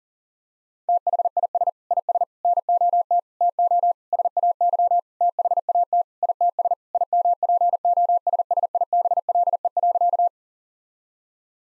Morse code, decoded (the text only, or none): THIS IS NOT TO SAY THAT ITS IMPOSSIBLE.